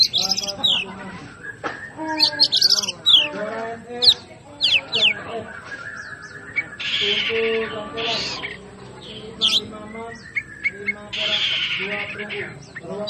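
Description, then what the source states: Oriental magpie-robin song of sharp high whistles, scratchy rasps and rattling bursts, continuing with varied phrases for the whole stretch. Master recording of a magpie-robin named Hercules, aggressive fighting song ('ngotot full tembakan': persistent, full of bursts), used for training cage birds.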